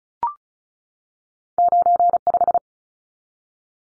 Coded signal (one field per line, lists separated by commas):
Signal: Morse code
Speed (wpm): 34 wpm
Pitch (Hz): 700 Hz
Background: none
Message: 95